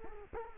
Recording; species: mosquito wingbeat signal from an infrared sensor; Culex quinquefasciatus